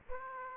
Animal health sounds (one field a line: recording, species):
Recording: mosquito wingbeat signal from an infrared sensor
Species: Aedes aegypti